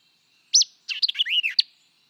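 White-eyed vireo song, a loud high chip then a rapid, varied phrase of slurred whistles and burry notes ending in another sharp chip.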